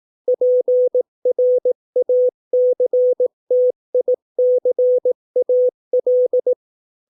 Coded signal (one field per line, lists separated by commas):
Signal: Morse code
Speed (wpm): 18 wpm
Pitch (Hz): 500 Hz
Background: none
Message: PRACTICAL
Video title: 200 words 18 WPM (Morse code practice)